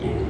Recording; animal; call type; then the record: contact call of a hoofed animal; pig; closed-mouth grunt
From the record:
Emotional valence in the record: positive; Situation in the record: food and toys in familiar pen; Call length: 0.30 s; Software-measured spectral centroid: 1310 Hz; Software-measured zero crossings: 860 a second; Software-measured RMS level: -25 dBFS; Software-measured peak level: -14 dBFS